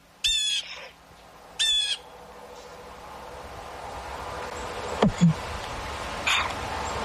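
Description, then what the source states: Blue Jay giving two harsh, nasal jeering calls just over a second apart. Common all over the country, heard year round, does not migrate.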